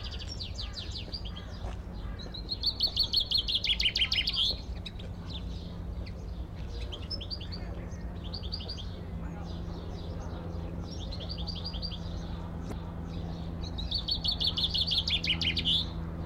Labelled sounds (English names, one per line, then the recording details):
Common Chaffinch
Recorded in the wild
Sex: male
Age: adult
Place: Zoo Berlin, Berlin, DE
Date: 1994-05-28 12:43
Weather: bedeckt, 12-15°C
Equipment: Marantz CP 430, Sennheiser ME 80, Kopie Uher Variocord 263
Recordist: Tembrock, Günter